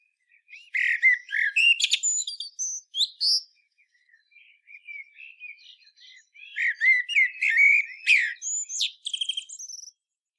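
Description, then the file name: Common blackbird song: a busy fluty phrase with high squeaky notes, a soft quieter stretch, then another warbling phrase ending in sharp twitters. "Turdus merula"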